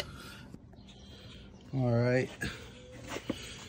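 A click-type torque wrench tightens the valve cover bolts on the V6 engine of a 2005 Mustang during a valve cover replacement. Someone talks over low background noise, and the wrench gives a short, sharp click at 3.3 s. The bolts are confirmed torqued to 89 inch-pounds.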